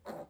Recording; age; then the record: pig call; piglet (1 to 25 days)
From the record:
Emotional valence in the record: negative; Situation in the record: restrain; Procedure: back test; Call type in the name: low-frequency call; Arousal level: maximum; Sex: male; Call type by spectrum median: low-frequency call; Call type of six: low-frequency stable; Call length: 0.30 s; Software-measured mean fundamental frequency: 78 Hz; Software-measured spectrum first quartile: 435 Hz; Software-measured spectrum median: 623 Hz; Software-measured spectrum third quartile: 1090 Hz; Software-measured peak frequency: 565 Hz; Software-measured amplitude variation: 220 dB a second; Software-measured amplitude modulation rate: 11.5 a second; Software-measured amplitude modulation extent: 19.1 dB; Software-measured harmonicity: 1.7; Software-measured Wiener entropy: -0.42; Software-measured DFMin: 1468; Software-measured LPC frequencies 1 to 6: 600, 4235, 5714, 7027, 7564, 8490 Hz